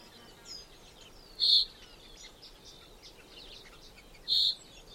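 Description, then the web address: Common chaffinch giving two short, bright call notes about three seconds apart, with faint twittering from other birds behind. "Deverinetal 2025 File origin Bird Only Fr Co"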